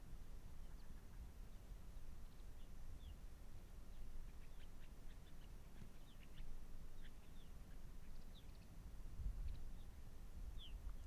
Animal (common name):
Arctic Fox